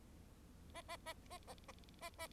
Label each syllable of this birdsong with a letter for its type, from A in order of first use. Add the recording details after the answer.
A A A A A A A A. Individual Bird4